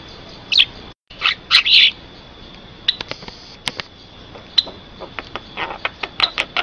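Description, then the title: Javan myna harsh calls: scattered raspy bursts and sharp clicks, a cluster of loud grating notes early on, then quieter chatter and ticks, with a steady high background tone. Very noisy calls offered as tutor recording for training other songbirds (masteran). "Jalak Kebo Master Suara Super Berisik Buat Masteran"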